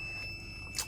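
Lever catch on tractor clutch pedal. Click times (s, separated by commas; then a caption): 0.8 s. With the gear lever set to neutral, a lever on the clutch pedal of an MTZ 892 tractor is fixed with its spring catch ("frog"), making a single sharp click at 0.8 s over a quiet, steady background hum. The lever catches and seats on the clutch pedal.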